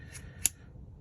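A metal thread protector is turned onto the threaded barrel of a pistol, and its spring tab catches the detent with a single sharp metallic click at 0.5 s. This is only the first of two clicks, so the protector is not yet fully home. Faint low rumble and a soft tick surround it.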